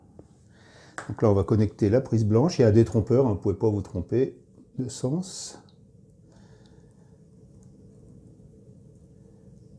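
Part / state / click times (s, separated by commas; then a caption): white keyed plug of the laser cable into its socket on the laser engraver / not seated / none. Someone talks while the white keyed plug on the laser head cable is being handled for connection into its socket on an Ortur Laser Master 3 LE laser engraver; afterward, only faint low background noise and a few small ticks are heard. The plug has not yet gone home, and nothing has seated or clicked yet.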